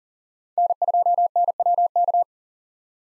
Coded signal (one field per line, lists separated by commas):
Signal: Morse code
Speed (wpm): 37 wpm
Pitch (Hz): 700 Hz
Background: none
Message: N2NWK